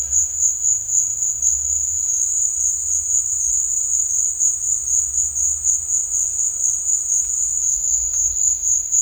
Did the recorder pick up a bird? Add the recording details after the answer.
no. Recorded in dense forest near Puerto Asís, Putumayo, Colombia, on 18 December 2024 at 13:00. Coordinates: 0.481, -76.323. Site G100